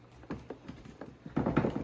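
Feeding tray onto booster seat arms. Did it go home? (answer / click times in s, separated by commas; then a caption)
yes / 1.6 s. A plastic feeding tray on a Baby Einstein Dine & Discover Multi-Use Booster is slid onto the booster seat arms. Soft scraping and tapping lead into a louder burst, and the tray latches into place with a little click at 1.6 seconds.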